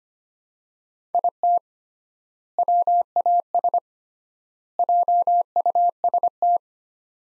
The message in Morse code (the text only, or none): IT WAS JUST